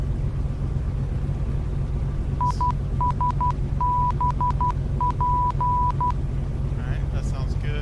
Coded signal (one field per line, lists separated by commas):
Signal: Morse code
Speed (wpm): 12 wpm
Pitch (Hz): 990 Hz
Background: speech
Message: ISBP